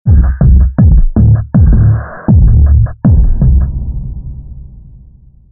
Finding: Heartbeat.